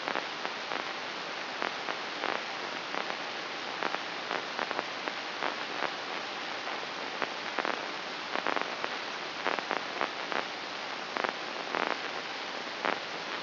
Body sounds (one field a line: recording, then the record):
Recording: brain microelectrode recording played as sound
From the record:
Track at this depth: inside the subthalamic nucleus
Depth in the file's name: 5.137 mm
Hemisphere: right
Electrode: 2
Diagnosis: Parkinson's disease